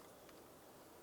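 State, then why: Not seated. A metal retaining clip is squeezed with pliers onto the parking brake lever pin of the rear drum brake shoe assembly on a 2001-2007 Ford Escape. Over a steady low background hiss, there is only faint handling noise and a soft brief tick around 0.3 s. The clip has not popped into place, and nothing has seated yet.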